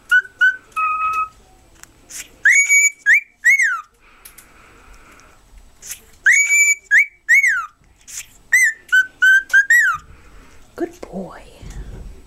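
Cockatiel song of clear whistles, several rising then falling in arches, in uneven bursts, with a low scraping noise near the end.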